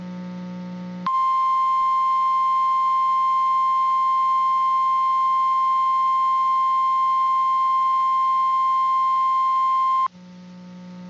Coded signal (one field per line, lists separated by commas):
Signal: Emergency Alert System (SAME) tones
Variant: 1050 Hz attention tone